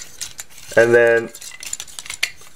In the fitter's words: that like situated and locked into place like that